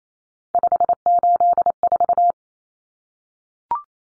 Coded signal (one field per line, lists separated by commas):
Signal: Morse code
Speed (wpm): 28 wpm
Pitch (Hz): 700 Hz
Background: none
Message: 584